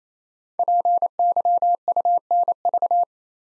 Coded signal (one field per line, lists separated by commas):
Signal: Morse code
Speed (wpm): 27 wpm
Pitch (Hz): 700 Hz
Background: none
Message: PYUNV